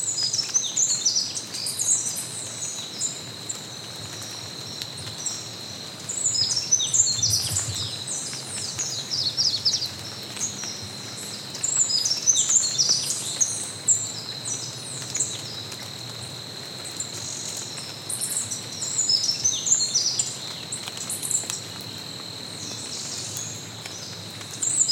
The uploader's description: Soundscapes from different forests around the world